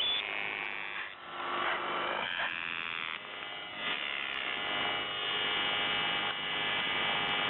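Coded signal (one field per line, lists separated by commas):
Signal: channel marker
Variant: UVB-76 (The Buzzer)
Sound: harsh low buzz with dense harmonics, briefly dipping every second or two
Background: radio static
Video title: The Buzzer (UVB-76/4625 khz) voice message January 28th.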